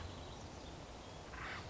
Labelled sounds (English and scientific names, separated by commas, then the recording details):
Acorn Woodpecker (Melanerpes formicivorus)
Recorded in Sonoma County, California